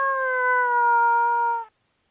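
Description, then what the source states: Coyote howl: a single sustained tonal note of under two seconds that sags gently in pitch before cutting off, over silence. Described as a mate call.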